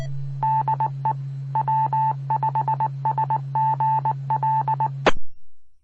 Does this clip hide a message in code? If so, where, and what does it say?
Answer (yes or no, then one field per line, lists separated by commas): yes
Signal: Morse code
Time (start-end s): 0.4-4.9 s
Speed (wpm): 19 wpm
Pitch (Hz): 880 Hz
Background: none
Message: DE W5SGL